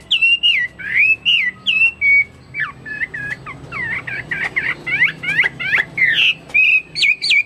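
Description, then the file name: Chinese hwamei song of loud slurred whistles, followed by a fast series of looping, rising and falling notes. "omkicau hwamei"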